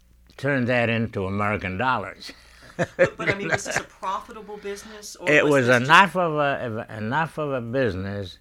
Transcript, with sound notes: turn that into American dollars. ( he laughs )
But, I mean, is this a profitable business?
It was enough of a, enough of a business